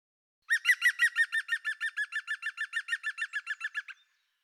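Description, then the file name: European green woodpecker call, a fast laughing series of many loud ringing notes, tapering off. "groene specht"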